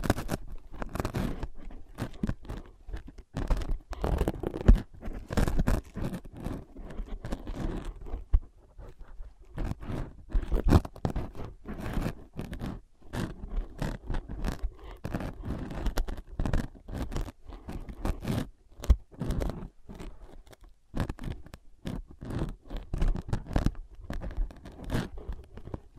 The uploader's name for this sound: Using Ear Pads as Your Ears Tapping, Scratching, Tracing